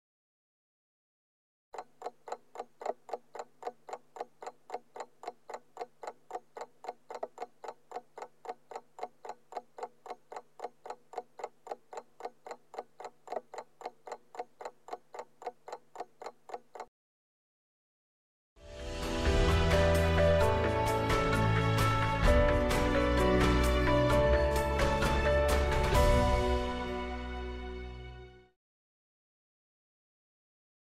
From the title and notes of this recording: 鬧鐘行走音效. Alarm Clock Ticking.